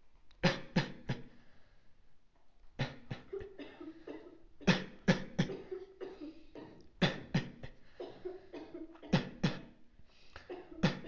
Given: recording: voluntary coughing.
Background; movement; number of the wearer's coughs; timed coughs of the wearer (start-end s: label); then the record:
a bystander coughing; sitting; 15
0.41-0.70 s: cough
0.74-1.04 s: cough
1.07-1.43 s: cough
2.78-3.07 s: cough
3.07-3.30 s: cough
3.25-3.54 s: cough
4.65-4.97 s: cough
5.05-5.32 s: cough
5.36-5.66 s: cough
6.99-7.29 s: cough
7.32-7.59 s: cough
7.59-7.77 s: cough
9.10-9.40 s: cough
9.41-9.70 s: cough
10.81-11.01 s: cough
From the record:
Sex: male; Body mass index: 23.7 kg/m2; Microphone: on the chest, facing outward